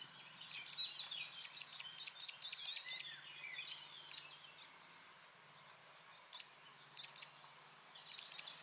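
Eurasian nuthatch calls: a fast series of sharp, high notes, then pauses, single notes and short pairs of notes.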